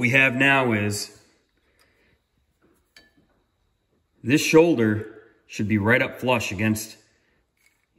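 A cast faceplate is screwed onto the threaded nose of a lathe spindle and bumps to a stop with a short knock at 3.0 s, between stretches of someone talking. It stops short of the spindle shoulder and is not seated flush against it.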